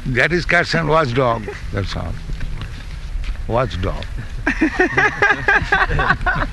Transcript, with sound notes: That is cats and watchdog, that's all. Watchdog. [laughter] That's all,